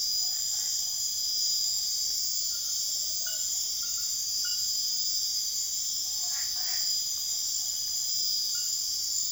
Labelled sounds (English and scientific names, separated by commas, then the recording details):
none
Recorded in secondary vegetation near Puerto Asís, Putumayo, Colombia, on 23 June 2025 at 22:30
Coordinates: 0.500, -76.326
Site GP08